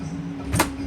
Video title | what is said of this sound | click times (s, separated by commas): October 6, 2025 | into the main box, and it literally slides back in, clicks, and | 0.6 s